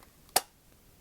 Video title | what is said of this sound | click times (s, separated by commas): How to use a Hoover Cleanslate Upholstery Spot cleaner plus review | to snap right into place | 0.4 s